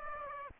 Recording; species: mosquito wingbeat signal from an infrared sensor; Aedes aegypti